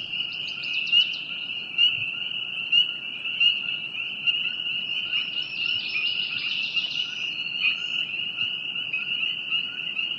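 Frog chorus as an unbroken high-pitched trill, with a few brief sharper chirps near the start and middle.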